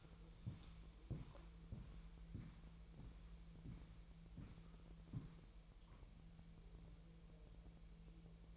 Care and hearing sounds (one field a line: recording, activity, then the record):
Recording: daily activity, microphone in the room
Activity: walk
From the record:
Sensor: 1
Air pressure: 1002.0 hPa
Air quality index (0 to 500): 239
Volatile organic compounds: 98 ppm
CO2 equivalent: 3742 ppm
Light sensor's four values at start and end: 8/20/8/9 and 9/21/8/10